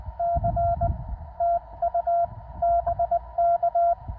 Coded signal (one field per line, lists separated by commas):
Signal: Morse code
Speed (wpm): 19 wpm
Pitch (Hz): 690 Hz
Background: none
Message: C TU BK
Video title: W2/GC-109 Bell Ayr. 40m cw QRO